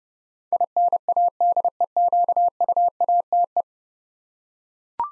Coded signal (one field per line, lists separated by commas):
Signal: Morse code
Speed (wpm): 29 wpm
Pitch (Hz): 700 Hz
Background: none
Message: INADEQUATE